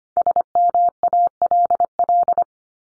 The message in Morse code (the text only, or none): SMALL